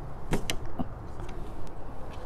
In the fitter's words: will hear a click or a snag and that's secured the